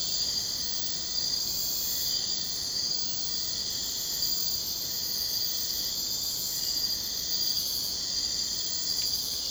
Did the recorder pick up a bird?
no